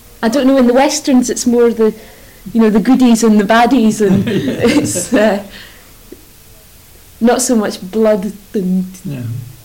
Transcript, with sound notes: I don't know, in the westerns it's more the, you know, the goodies and the baddies and--
Yes.
[laughs] Not so much blood and--
No.